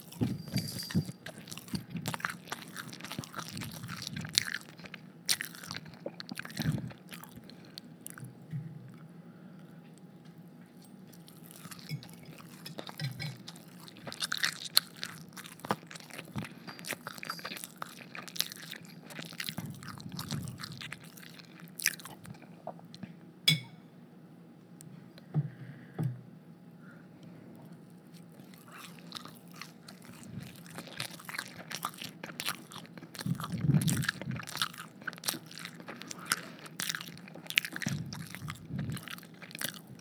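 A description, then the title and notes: Mouth sounds of eating: wet smacking, crunching and chewing in dense irregular bursts, with sharp clicks spiking throughout. Activity is busiest in the first seven seconds and again after about thirty, with a quieter, sparser stretch in the middle. All the mouth sounds! From kisses to smacking to actual eating.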